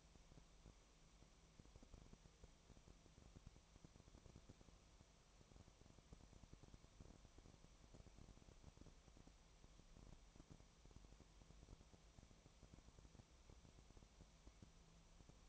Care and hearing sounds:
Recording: daily activity, microphone in the room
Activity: no activity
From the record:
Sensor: 1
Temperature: 19.4 degrees Celsius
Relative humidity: 35.7%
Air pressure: 1003.3 hPa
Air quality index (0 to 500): 113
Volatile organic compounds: 2 ppm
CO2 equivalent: 1257 ppm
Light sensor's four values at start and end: 1/2/1/1 and 1/2/1/1

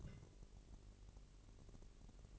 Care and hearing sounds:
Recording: daily activity, microphone in the room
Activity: take from stove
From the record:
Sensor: 4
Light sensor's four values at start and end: 7/15/6/6 and 7/15/6/6

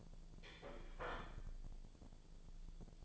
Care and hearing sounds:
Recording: daily activity, microphone in the room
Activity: place plate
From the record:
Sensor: 5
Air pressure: 1009.5 hPa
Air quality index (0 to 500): 169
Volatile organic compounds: 4 ppm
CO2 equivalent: 1638 ppm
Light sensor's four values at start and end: 96/256/104/110 and 96/256/104/110

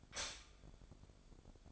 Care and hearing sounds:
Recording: daily activity, microphone in the room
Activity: stop toaster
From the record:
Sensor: 5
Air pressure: 1004.3 hPa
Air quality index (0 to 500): 170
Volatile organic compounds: 4 ppm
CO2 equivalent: 1599 ppm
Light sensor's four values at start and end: 34/109/41/41 and 34/109/41/41

